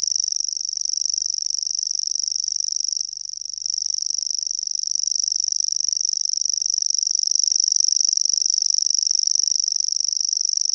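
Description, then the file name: Grasshopper warbler delivering its sustained, even, high-pitched reeling trill, with a brief falter around three seconds before it carries on steadily. "PENSASSIRKKALINTU"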